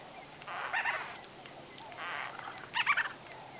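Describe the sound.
White-fronted bee-eater calls, three short rough bursts of gurgling notes, the last one louder and squeakier.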